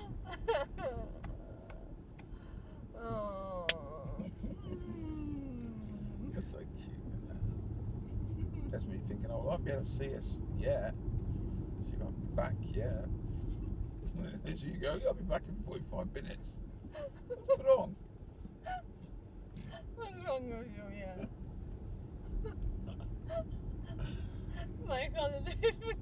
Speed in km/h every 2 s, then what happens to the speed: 31, 29, 35, 42, 44, 40, 35, 24, 23, 29, 34, 32, 31.
2-7 speeds up to 44. 7-15 slows to 23. 15-19 speeds up to 34. 19-26 steady at about 32.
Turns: none.